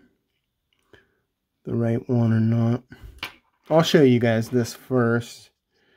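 Someone talks while handling a swappable plastic hand for a Mafex Captain America (Avengers Endgame) action figure, getting ready to push it onto the figure's wrist peg. Faint ticks near the start and one brief sharp sound around 3.2 s break through the talking. The hand has not seated or clicked onto the peg yet.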